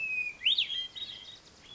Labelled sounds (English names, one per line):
Hermit Thrush